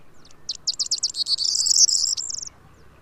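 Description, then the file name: Corn bunting song: a few separate ticking notes speed up into a dry, jangling, glassy rattle lasting about two seconds, then stop abruptly. "Mathias Ritschard - Prosyanka Emberiza calandra"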